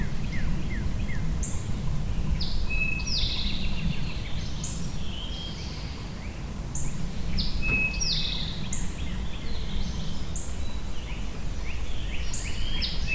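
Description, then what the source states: Birds giving many short chirps and downslurred whistles throughout, with occasional steady high notes and a persistent low rumble. Birds recorded at Shawnee.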